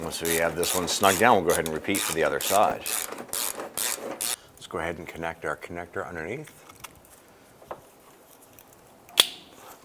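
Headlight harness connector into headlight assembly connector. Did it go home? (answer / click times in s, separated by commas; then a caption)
yes / 9.2 s. Someone talks while a headlight harness connector is fitted underneath the headlight assembly of a 2006-2011 Cadillac DTS, followed by quiet handling noises. The connector is pressed together and its plastic latch gives a sharp click at 9.2 s, showing it has seated into the headlight assembly connector before being tucked away.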